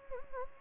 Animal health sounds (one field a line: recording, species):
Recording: mosquito wingbeat signal from an infrared sensor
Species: Anopheles gambiae